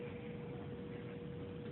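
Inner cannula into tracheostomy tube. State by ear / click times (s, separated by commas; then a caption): not seated / none. A plastic inner cannula is handled at a tracheostomy tube, ready to be locked in, over a steady hiss with a constant tone near 500 Hz. No sudden sounds stand out, and the cannula has not yet seated or clicked locked when the clip ends.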